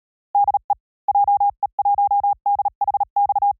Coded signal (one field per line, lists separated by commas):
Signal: Morse code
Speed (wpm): 37 wpm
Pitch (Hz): 810 Hz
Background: none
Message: DE JE1DHX